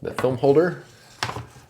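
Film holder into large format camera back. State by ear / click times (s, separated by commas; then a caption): seated / 1.2 s. Someone talks briefly, then an 8x10 film holder is slid under the opened bail back of a Chamonix Alpinist X 8x10 large format camera. A little click sounds at 1.2 s as the ridge on the holder drops into the slot in the camera back, with a softer tick just after. The film holder is seated.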